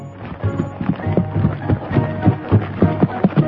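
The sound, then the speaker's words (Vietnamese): Rapid, rhythmic hoofbeats of galloping horses several miles away, thudding in quick uneven clusters over a low rumbling background, steady and moderately loud throughout with no voices. “Bỗng nghe đằng xa có tiếng tù già nổi lên, tiếp theo là tiếng gió ngựa từ ngoài mấy dặm vọng lại.”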